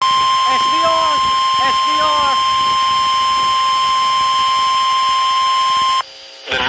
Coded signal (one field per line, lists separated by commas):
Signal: Emergency Alert System (SAME) tones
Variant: 1050 Hz attention tone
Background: speech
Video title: Considerable Severe Thunderstorm Warning over KEC56 (EAS Alert#9)